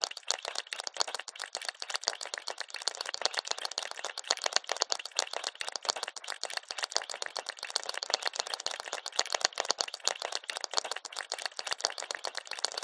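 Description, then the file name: Crab breathing sounds, a steady fizzing crackle of tiny clicks and bubble pops that continues unbroken throughout, with no other sounds heard. Crab breathing in mud, recorded close up. "zapsplat animals crab"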